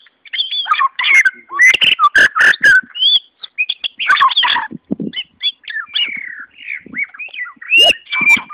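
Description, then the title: White-rumped Shama song of loud, varied whistles and chattering notes with sharp clicks, phrases changing rapidly and separated by short pauses. "murai batu"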